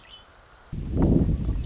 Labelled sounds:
Red-winged Blackbird
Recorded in Sonoma County, California

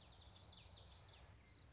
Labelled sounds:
Common Yellowthroat
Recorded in Sonoma County, California

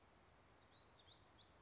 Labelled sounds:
Black-throated Gray Warbler
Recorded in Sonoma County, California

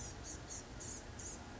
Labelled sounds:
Blue-gray Gnatcatcher
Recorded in Sonoma County, California

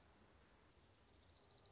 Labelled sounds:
Orange-crowned Warbler
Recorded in Sonoma County, California

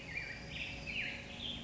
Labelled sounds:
Black-headed Grosbeak
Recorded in Sonoma County, California

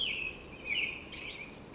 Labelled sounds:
American Robin
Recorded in Sonoma County, California

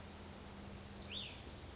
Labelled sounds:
Cassin's Vireo
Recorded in Sonoma County, California

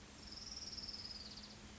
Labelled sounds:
Orange-crowned Warbler
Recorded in Sonoma County, California

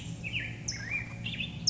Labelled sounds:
California Towhee
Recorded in Sonoma County, California

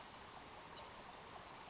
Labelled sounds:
Western Flycatcher
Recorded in Sonoma County, California

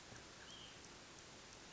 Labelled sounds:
Hutton's Vireo
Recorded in Sonoma County, California

